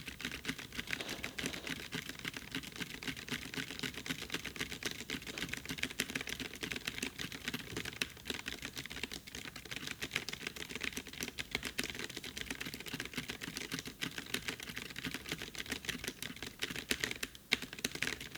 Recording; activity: daily activity, guitar pickup as the sensor; type